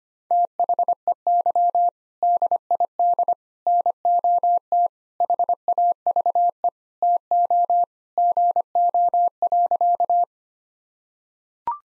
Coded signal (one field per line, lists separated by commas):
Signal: Morse code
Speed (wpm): 25 wpm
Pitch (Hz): 700 Hz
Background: none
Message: THEY DID NOT HAVE TO GO.